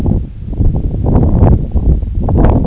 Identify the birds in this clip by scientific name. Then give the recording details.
none. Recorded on Arctic tundra, site NAIT-1, on 2 July 2019. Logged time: 02:00